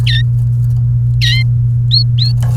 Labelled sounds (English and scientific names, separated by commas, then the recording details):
Domestic Canary (Serinus canaria) song
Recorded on 29 April 2018 at 12:48
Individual llb3